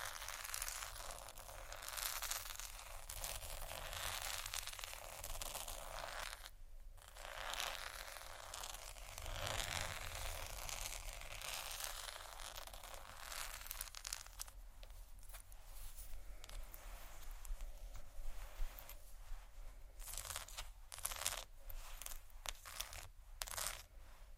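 Soft plastic crinkling and scratching run almost without pause, a dense, bright rustle over a steady low rumble. Quick taps and sharper crackles break through irregularly, clustering around 7, 15 and 20–24 seconds, with a brief hush near 6 seconds.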